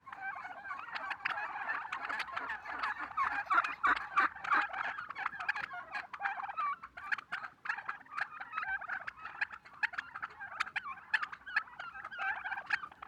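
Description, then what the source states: Gobbling turkey flock, a crowded run of quick rattling calls that swells in the first half and stays busy throughout. Red turkeys.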